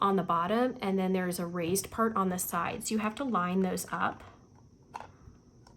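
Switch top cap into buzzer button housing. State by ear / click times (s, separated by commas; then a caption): seated / 5.0 s. Someone talks while the top of a DIY buzzer-button switch is lined up by its divot and raised side tab over the plastic housing. The top is then pressed down into the housing and sinks in with a sharp click at 5.0 s, seating it in the base.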